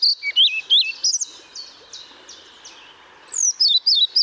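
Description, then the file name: European pied flycatcher song: a lively phrase of high, swooping notes, a pause with faint background birds, then the next phrase starting. Recorded at Pähl on 1 May 2014. "Trauerschnaepper 01 05 2014 Paehl WM Michle Pron"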